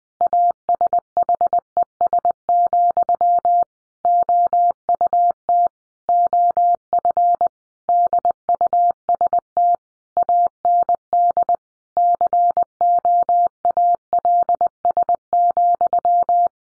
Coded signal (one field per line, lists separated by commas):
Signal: Morse code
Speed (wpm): 20 wpm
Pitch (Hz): 700 Hz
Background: none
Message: ASHES, OUT OF DUST AND COALS,